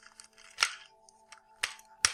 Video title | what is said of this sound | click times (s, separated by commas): Unboxing EN 060 - Lightning Collection Mighty Morphin Power Rangers ZAP Dino Megazord Review #Hasbro | and clicks into place it's the same deal | 1.6 s, 2.0 s